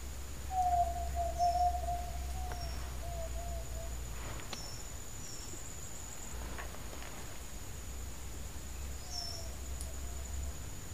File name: Yellow legged tinamou